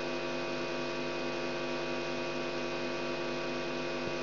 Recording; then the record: brain microelectrode recording played as sound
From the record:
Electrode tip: outside the subthalamic nucleus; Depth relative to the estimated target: -4 mm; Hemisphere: right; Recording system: AlphaMap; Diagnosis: Parkinson's disease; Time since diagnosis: 17 years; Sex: female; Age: 63 years